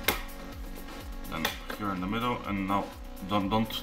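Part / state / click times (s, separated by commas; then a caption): plastic bottom panel clips on a laptop chassis / released / 0.1 s. A plastic bottom panel on an Asus G751 laptop chassis is pried around its edges, and its clips unsnap with a sharp click at 0.1 s. Someone talks over background music as the panel's clips release all the way round.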